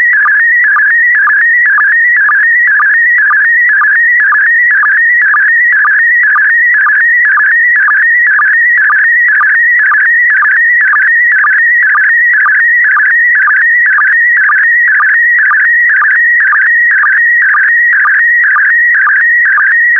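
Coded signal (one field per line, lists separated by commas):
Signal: SSTV (slow-scan television)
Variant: PD120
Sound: steady warbling whistle near 2 kHz with a short low blip about twice a second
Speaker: Five, four, three, two, one. Transmission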